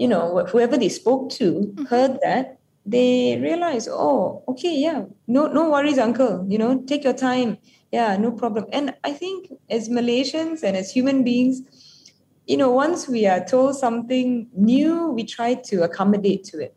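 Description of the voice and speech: An adult Malaysian woman speaks in fluent, conversational English with clear articulation, steady voice quality and natural phrasing, pausing briefly between phrases. The speech is normal, with no signs of a speech or voice disorder.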